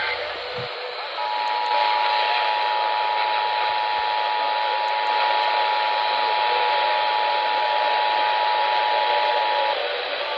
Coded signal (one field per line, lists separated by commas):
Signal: Emergency Alert System (SAME) tones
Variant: 853 and 960 Hz attention tone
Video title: TESTS WITH A TWIST.. | EAS Tests from 2/15/2023 (EAS #794 - 796)